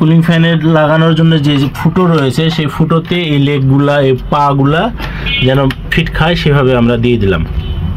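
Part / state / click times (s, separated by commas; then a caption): CPU cooler push-pin leg into motherboard mounting hole / not seated / none. Someone talks while the plastic push-pin legs of a stock CPU cooler are set into the motherboard's mounting holes, with only speech heard throughout. No click sound is heard, and nothing has seated or clicked yet.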